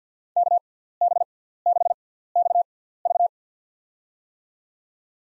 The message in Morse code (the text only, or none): KB6XV